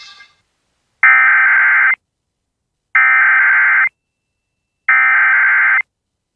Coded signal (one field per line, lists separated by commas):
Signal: Emergency Alert System (SAME) tones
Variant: header bursts